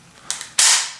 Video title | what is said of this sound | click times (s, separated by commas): airsoft scorpion (v-61) presentation francaise | c'est ça ça se clipse dessus directement moi je sais pas si vous allez pouvoir voir hop | 0.6 s